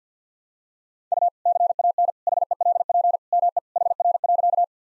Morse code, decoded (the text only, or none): U CAN HELP ME HR.